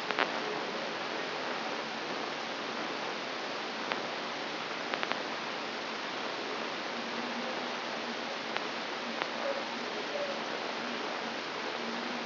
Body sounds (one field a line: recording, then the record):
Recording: brain microelectrode recording played as sound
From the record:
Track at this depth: inside the subthalamic nucleus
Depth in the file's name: 2.945 mm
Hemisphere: right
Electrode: 3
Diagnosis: Parkinson's disease